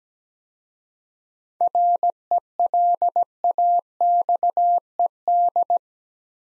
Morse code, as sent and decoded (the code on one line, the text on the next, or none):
.-. . .-.. .- -..- . -..
RELAXED